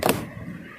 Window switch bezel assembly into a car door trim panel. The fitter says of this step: Get it snapped into place.